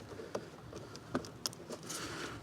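A small release tool is slid into a plastic connector housing on a TD5 engine wiring loom while the wire is tugged from the back, and the crimped metal terminal lets go of its latch. Faint scraping ticks come at 0.4, 1.2 and 2.4 s, and a sharp, bright click at 1.5 s marks the terminal releasing from the housing.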